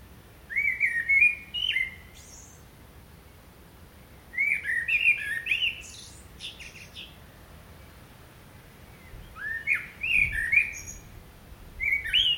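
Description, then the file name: Common blackbird sings three separate phrases of mellow, rolling whistles, each followed by a thin high twitter, with brief pauses between them, plus the start of a fourth at the end. "Turdus merula"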